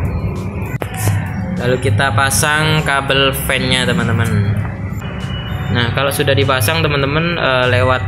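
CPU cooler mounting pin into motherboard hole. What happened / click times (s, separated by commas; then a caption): A plastic push-pin snapped into its mounting hole / 0.8 s. A plastic push-pin foot of a CPU cooler is locked into a hole in the motherboard, giving a single sharp click at 0.8 s as the pin seats. Someone talks throughout over background music.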